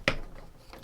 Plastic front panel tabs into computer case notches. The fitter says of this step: Go ahead and notch those in. They make a little clicking sound.